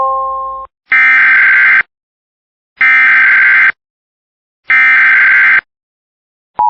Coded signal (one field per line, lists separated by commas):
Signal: Emergency Alert System (SAME) tones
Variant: header bursts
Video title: (EAS #27) Tornado Watch #94 | NOAA Weather Radio #nws #ilwx 04/02/2026